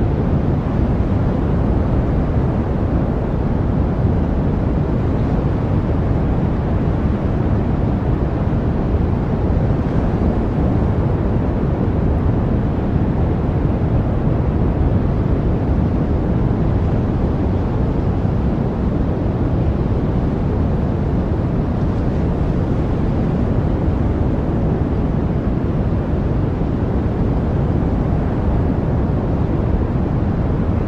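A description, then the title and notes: A deep, steady white noise runs unbroken for the whole half minute, heaviest in the low rumbling range and thinning toward the top. The level holds flat with no events or pauses, like a constant engine or wind roar. White Noise to Sleep, Study or Relax. Deep white noise.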